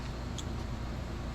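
A new plastic nozzle tip head is slid onto a paint spray gun body over a steady low background hum. A short, bright click at 0.4 s marks the head clicking into place, and it is seated.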